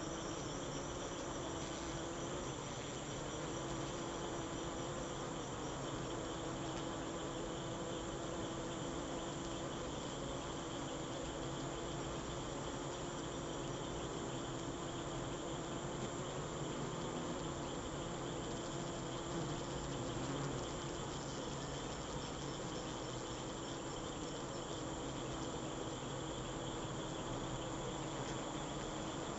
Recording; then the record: honeybee defence experiment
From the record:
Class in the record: alert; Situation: Africanized honeybees facing leafcutter ants (Atta)